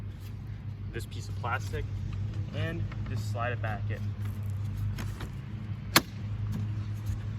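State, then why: Seated. On a 2006-2008 Audi A4 (B7), once the new LED fog light is mounted, the plastic fog light trim piece is slid back into the front bumper while someone talks over a steady low hum. Faint handling taps come at about 5.0 and 5.2 seconds, then a single sharp snap at 5.96 seconds as the trim panel seats in the bumper.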